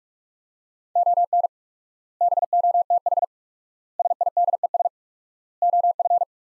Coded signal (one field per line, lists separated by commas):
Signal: Morse code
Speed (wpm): 46 wpm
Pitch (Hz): 700 Hz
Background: none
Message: ON BOTH SIDES OF